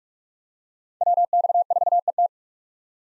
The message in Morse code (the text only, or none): WX4ET